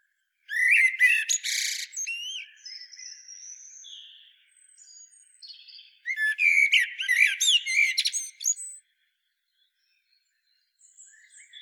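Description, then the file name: Common blackbird calls: two rasping, chattering bursts several seconds apart, with thin, high, drawn-out notes in the pause between. "Turdus merula"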